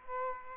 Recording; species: mosquito wingbeat signal from an infrared sensor; Aedes aegypti